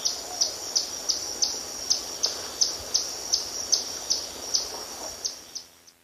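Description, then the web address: Yellow-browed tody-flycatcher uttering rapid, evenly spaced high chips about three per second, set against a hissing insect background. Eastern lowlands of South America. "Natures Songs S America Eastern Lowlands. Yellow-browed Tody-Flycatcher"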